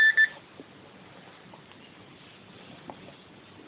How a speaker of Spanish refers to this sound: Muchas veces no. Un pitido largo, sí. Venga, vamos a interpretarlo así.